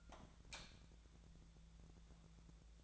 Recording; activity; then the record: daily activity, microphone in the room; light off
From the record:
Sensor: 3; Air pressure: 1000.0 hPa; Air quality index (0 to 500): 123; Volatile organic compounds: 2 ppm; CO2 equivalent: 1103 ppm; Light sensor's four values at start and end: 30/78/32/35 and 27/70/29/32